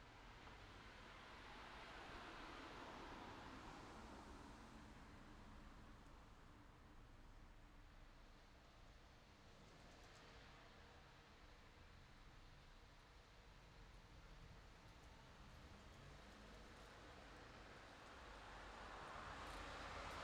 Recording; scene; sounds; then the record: everyday scene through a hearing-aid microphone; in traffic; traffic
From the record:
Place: city secondary road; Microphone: in the ear canal, left